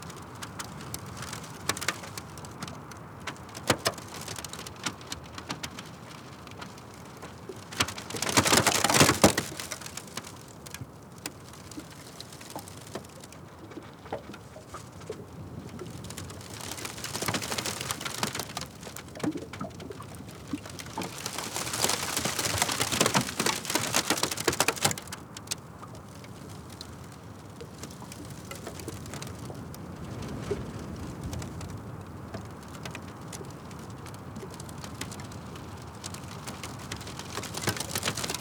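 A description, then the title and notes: Wind gusts sweep across a frozen lakeshore, rising in broad hissing surges around 8 to 9 seconds, 16 to 19 seconds and again from 20 to 25 seconds. Between gusts a steady low rumble and scattered small ticks and clicks fill the quieter stretches. Recorded on a cold and windy late autumn day at the edge of Medicine Lake in Modoc National Forest, Siskiyou County, California. Shards of ice that looked like broken plate glass were piled up along the shore. I made this recording using the wind protection I recently made for my Wildtronics SAAM microphone.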